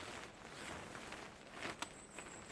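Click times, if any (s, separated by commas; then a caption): 1.8 s. While a tent is being folded away, one section of a shock-corded tent pole pops partly out of its ferrule joint, giving a sharp snap at 1.8 s. Soft rustling and shuffling sounds continue around it, and the pole section is released as it tries to come apart.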